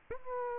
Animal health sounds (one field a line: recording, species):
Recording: mosquito wingbeat signal from an infrared sensor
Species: Aedes aegypti